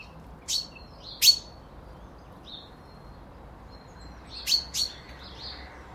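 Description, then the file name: Common chaffinch giving two pairs of sharp, metallic call notes, one pair early and another about three seconds later, with faint high tones between. "Fringilla coelebs"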